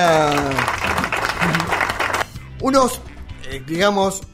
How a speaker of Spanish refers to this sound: Un aplauso para el teacher. Gracias, querido.